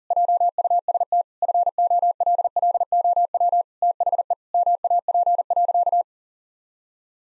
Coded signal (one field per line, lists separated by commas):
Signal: Morse code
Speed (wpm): 40 wpm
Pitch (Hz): 700 Hz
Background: none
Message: JUST FOLLOW THE MAP.